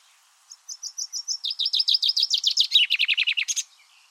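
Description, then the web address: Common chaffinch song: a high trill of repeated notes that drops in pitch in steps, ending in a flourish. "Deverinetal 2025 File origin Bird Only Fr Co"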